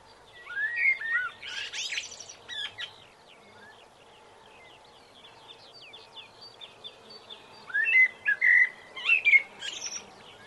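Blackbird-type song: mellow whistled notes mixed with high thin twitters at the start and again after a quieter middle stretch, with faint background chirping.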